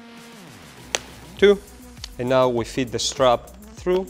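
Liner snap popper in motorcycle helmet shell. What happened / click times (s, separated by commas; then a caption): A snap fastener popped open / 0.9 s. A liner snap popper in a motorcycle helmet shell, one of the two remaining, is pulled by hand and pops open with a single sharp snap at 0.9 s, releasing that part of the liner. Afterwards someone talks.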